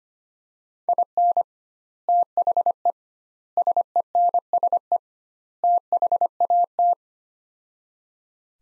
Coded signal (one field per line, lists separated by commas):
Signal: Morse code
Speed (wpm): 25 wpm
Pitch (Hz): 700 Hz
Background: none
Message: IN THE SENSE THAT